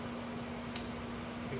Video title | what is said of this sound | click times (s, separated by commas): The Satisfying Click of a Perfect Refill: How I Reuse Filament Spools Without the Tangles | It clicked in. See? | 0.8 s